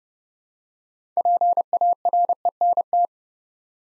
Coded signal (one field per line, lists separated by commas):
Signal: Morse code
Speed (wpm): 30 wpm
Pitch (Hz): 700 Hz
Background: none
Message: PARENT